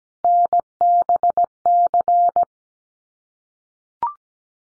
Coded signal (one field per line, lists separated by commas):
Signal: Morse code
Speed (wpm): 17 wpm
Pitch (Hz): 700 Hz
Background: none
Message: NBC